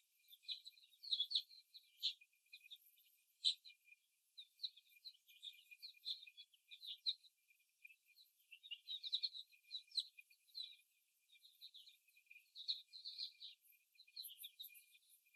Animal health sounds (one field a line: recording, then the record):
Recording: young laying hens in a cage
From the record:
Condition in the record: before the stressor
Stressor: simulated dog barking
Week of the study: 1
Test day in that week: 2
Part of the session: 4